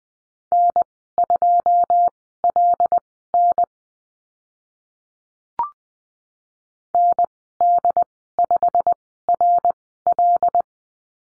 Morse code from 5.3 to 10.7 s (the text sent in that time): ND5RL